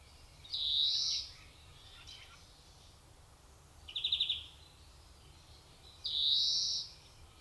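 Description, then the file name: European greenfinch wheezing calls, long nasal buzzes twice with a short rapid trill between, against a quiet low hum. "Chloris chloris"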